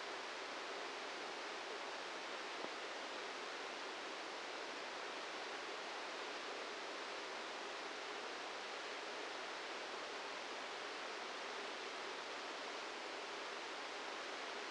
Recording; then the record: brain microelectrode recording played as sound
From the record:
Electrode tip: outside the subthalamic nucleus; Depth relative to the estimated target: -1 mm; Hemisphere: left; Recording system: NeuroSet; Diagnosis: Parkinson's disease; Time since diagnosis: 8 years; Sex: male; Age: 58 years